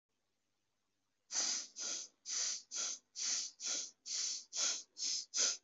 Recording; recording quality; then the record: shallow breathing; excellent, no background noise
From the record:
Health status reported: COVID-19 positive, no symptoms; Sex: male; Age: 24 years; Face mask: not worn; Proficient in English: no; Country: India